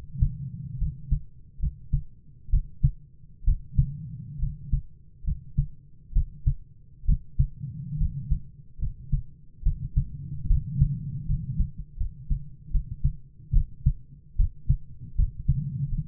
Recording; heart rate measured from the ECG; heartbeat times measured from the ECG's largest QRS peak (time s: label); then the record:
heart sounds by stethoscope; 72 bpm
0.77 s: heartbeat
1.59 s: heartbeat
2.49 s: heartbeat
3.43 s: heartbeat
4.38 s: heartbeat
5.23 s: heartbeat
6.12 s: heartbeat
7.04 s: heartbeat
7.96 s: heartbeat
8.78 s: heartbeat
9.62 s: heartbeat
10.46 s: heartbeat
11.25 s: heartbeat
11.96 s: heartbeat
12.70 s: heartbeat
13.52 s: heartbeat
14.35 s: heartbeat
15.14 s: heartbeat
15.87 s: heartbeat
From the record:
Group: healthy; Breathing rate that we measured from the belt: 17 breaths a minute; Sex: male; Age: 22 years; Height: 185 cm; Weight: 112.4 kg